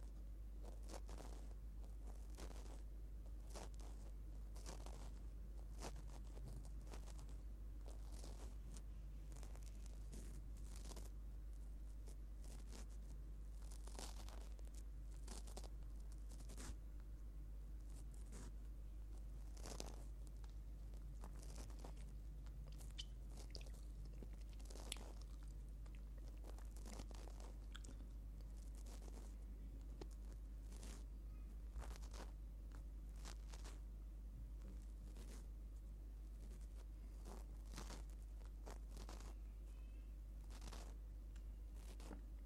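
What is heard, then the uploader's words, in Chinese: Ear cleaning, heard as dry scratching and crackling that runs the whole time in quick, irregular bursts, with sharper clicks every second or so. A steady deep hum sits underneath throughout, and the overall level stays even. 掏完耳朵。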